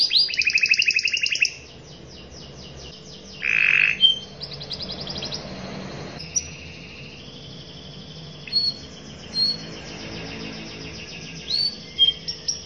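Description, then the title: Canary singing a loud, fast rattling trill, then a harsh buzzy note, followed by softer scattered whistled notes and short chips. Canary in long, lively continuous singing ('gacor panjang'), performing a fancy ('mewah') cengkok song-phrasing style. "Cengkok Kenari Mewah. Kenari gacor panjang"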